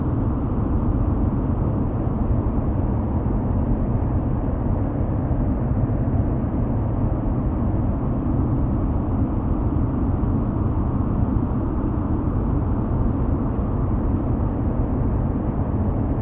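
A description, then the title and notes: A spaceship interior hum: a steady, dense, low rumble with a faint constant tone, unchanging throughout and muffled above the mids. Calm Vibes On Your Private Spaceship.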